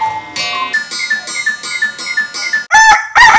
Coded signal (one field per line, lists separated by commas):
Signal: none